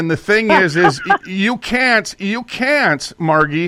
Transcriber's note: laughs